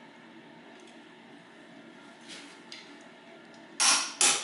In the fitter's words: Okay now click sound and now there is one 160